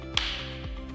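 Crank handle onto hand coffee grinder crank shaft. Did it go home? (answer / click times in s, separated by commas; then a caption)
yes / 0.2 s. The crank handle of a Comandante hand coffee grinder is pushed back onto the end of the crank shaft after lubricating it to stop it squeaking. It snaps into place with one sharp click at 0.2 s over a steady low tonal hum, followed by a softer tap near 0.7 s. The handle is seated and safe to use.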